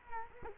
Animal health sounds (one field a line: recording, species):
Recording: mosquito wingbeat signal from an infrared sensor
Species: Culex quinquefasciatus